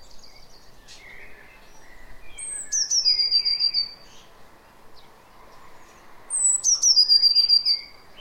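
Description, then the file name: Eurasian blue tit giving two bouts of a high sliding note and fast churring pulses, other soft chirps from birds and light background hiss. "Cyanistes caeruleus"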